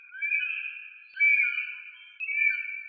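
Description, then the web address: Northern goshawk calling with three drawn-out, wailing notes in close succession. "Accipiter gentilis"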